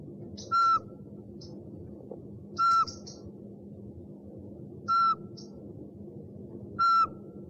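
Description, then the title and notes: Owl call: brief piping whistles roughly every two seconds, four in all, with fainter short high notes and a constant low background hum. One of 69 call variants from 11 owl species. "Sovy - Eulen - Owls. 69 variant hlasů - 11 druhů sov"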